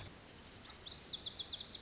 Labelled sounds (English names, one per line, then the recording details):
Lazuli Bunting
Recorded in Sonoma County, California